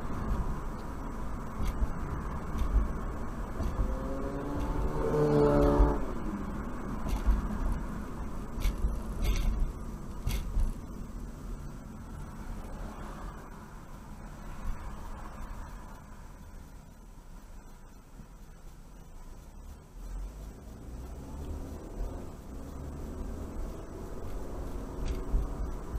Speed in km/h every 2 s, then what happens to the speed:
55, 55, 53, 50, 40, 27, 19, 11, 6, 5, 15, 27, 34.
0-5 steady at about 55. 5-17 brakes to 5. 18-26 speeds up to 34.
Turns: none.